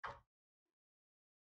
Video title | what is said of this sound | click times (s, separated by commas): How to replace a door knob and install a smart lock - Full installation tutorial | carefully push it till it clicks | 0.0 s